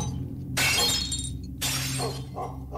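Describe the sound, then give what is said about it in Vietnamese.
A vase and a plate of fruit fall from an altar onto the floor: two sharp crashes of breaking ceramic or glass, each a bright burst of shattering followed by scattered tinkling fragments, over a low steady hum. “Cái lọ hoa cùng với đĩa hoa quả để ở trên ban thờ bất ngờ rơi xuống nền nhà vỡ tan tành.”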